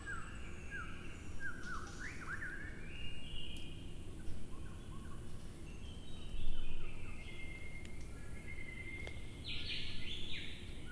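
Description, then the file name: White-rumped shama singing varied whistled and slurred phrases, with higher chirps late on, over a heavy continuous low rumble and a brief louder noise. Recorded at Shoushan. "壽山-白腰鵲鴝"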